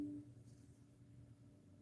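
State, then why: Not seated. A vintage 1970 German folding knife with bone scales and a G10 liner is handled as its blade is worked toward snapping against the backspring in the handle. Only a steady low hum with a faint tone and quiet background noise is heard, with no sharp hit. Nothing has seated or clicked yet.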